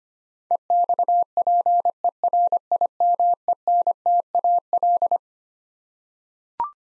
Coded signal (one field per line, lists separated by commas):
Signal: Morse code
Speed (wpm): 25 wpm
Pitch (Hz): 700 Hz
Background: none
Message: EXPERIMENTAL